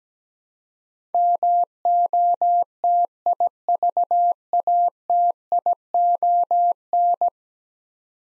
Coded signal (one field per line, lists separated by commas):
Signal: Morse code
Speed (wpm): 17 wpm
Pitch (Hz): 700 Hz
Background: none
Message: MOTIVATION